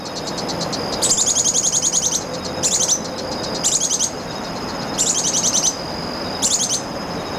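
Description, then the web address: Ash-browed spinetail giving short bursts of rapid, very high chattering notes, repeated several times, over a steady high insect-like hum. Recorded in Ecuador. "Birds of Ecuador. Ash-Browed Spinetail"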